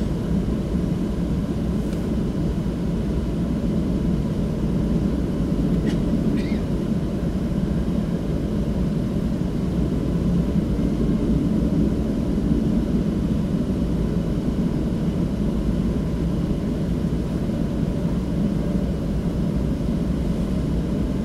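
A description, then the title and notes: Engines hum steadily and loudly throughout, a dense, low, unchanging drone. A couple of brief, faint higher clicks or squeaks surface around six seconds, otherwise the rumble holds constant in level. Burbank to San Francisco the Skyward Journey. The hum of the engines.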